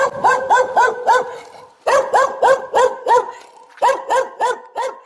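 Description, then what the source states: Dog giving rapid, harsh barks in three runs of four to six, each run a second or more long with brief pauses between. Angry dog.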